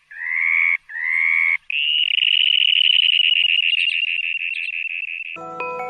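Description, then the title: Dunlin trilling song: two rising wheezy notes, then a long, fast, buzzy reeling trill, ending with a brief lower harmonic sound. Amur basin. "Птицы бассейна Амура - чернозобик"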